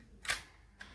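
A speargun's lock mechanism is re-engaged and clicks into its locked position. A crisp, bright click sounds at 0.3 s, followed by a smaller, sharp click at 0.8 s. The lock is seated.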